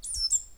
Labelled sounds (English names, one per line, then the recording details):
Stitchbird song
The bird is a male
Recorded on Tiritiri Matangi Island, New Zealand, in 2005
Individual 4, of nest box 4